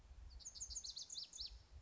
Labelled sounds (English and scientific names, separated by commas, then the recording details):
Lazuli Bunting (Passerina amoena)
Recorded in Sonoma County, California